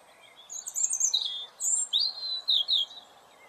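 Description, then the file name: European robin song with long, high, wavering whistled phrases and liquid slurred notes, over constant background noise. "Erithacus rubecula"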